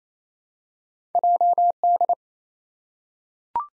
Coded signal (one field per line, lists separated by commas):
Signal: Morse code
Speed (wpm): 28 wpm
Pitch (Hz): 700 Hz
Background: none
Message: JD